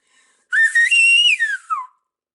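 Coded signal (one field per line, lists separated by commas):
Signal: whistled language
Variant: Silbo herreño (whistled Spanish)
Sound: one short whistled phrase, pitch stepping up, holding high, then gliding down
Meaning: The whistled word means yellow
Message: amarillo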